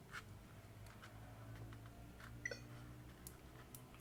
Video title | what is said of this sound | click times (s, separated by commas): How To Insert SD Card In Nintendo Switch (OLED) | and you have to hear it click in place and once it clicks in place it's going to stay in and now | 2.5 s